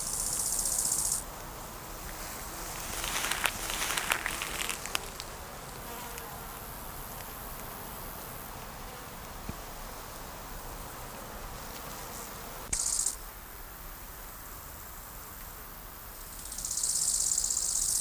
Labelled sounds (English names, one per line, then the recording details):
Bow-winged Grasshopper stridulation
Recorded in the wild
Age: imago
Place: Mühlenbecker Land, OT Summt, Brandenburg, DE
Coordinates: 52.7, 13.3667
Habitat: heath
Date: 1990-08-12 15:18
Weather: 28°C
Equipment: Marantz, Sennheiser ME 80
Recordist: Tembrock, Günter